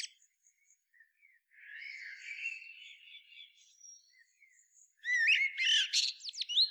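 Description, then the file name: Eurasian blackbird: soft, quiet twittering for several seconds, then a loud phrase of rich warbled notes and high squeaks at the end. "Turdus merula"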